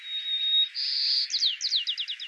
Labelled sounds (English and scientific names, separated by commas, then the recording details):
White-crowned Sparrow (Zonotrichia leucophrys) song
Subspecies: nuttalli
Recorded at Lake Merced, California, in 2014
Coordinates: 37.712, -122.489
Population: north
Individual LM_SGRW_14